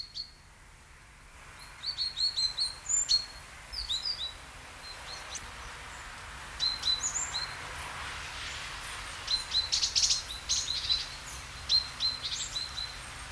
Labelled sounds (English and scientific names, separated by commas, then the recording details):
Great Tit (Parus major)
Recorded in the wild
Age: adult
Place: Treuchtlingen, Heumöderntal, Bayern, DE
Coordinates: 48.96, 10.91
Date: 1993-09-02 11:43
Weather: sonnig 15,1° C
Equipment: Marantz CP 430, Sennheiser MKH 416 T, Kopie Uher Variocord 263
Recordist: Tembrock, Günter